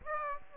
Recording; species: mosquito wingbeat signal from an infrared sensor; Aedes aegypti